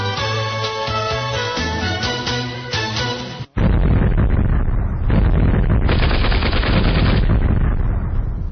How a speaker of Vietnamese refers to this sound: Nổ liên tiếp nhau từ phía xa xa vẳng lại như những tiếng trời gầm khi sắp chuyển cơn mưa.